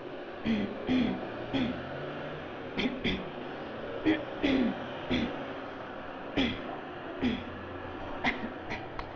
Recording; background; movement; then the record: throat clearing; traffic; sitting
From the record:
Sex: female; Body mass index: 22.6 kg/m2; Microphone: on the chest, facing outward